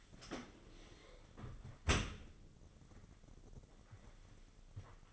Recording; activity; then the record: daily activity, microphone in the room; close dishwasher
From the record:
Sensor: 4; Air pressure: 996.5 hPa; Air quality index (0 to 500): 88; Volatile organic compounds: 4 ppm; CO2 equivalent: 1701 ppm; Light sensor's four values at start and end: 19/51/20/22 and 20/53/21/22